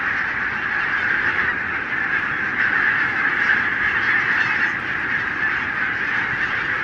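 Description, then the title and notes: Barnacle goose: barnacle geese massed together, their calls fused into a steady, loud rushing chorus with barely any separate notes. Flock of 20,000 on wintering grounds in winter, Renesse, Netherlands, 12 January 2009; recorded with Nagra LB and Telinga P7. "Renesse - Pays-bas. 20 000 Bernache nonnette ( Branta leucopsis) en Hollande"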